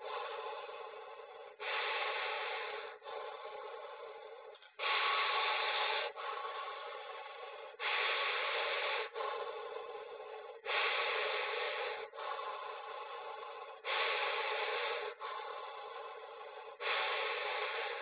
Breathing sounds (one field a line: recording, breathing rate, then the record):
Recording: paced breathing near a phone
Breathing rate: 20 breaths a minute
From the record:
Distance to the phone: 20 cm